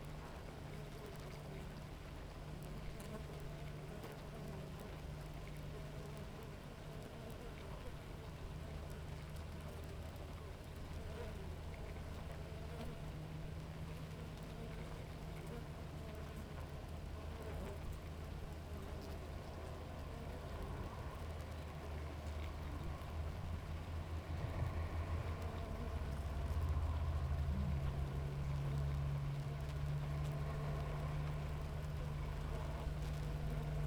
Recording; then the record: honeybee colony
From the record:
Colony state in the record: active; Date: 28 July 2017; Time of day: 7:13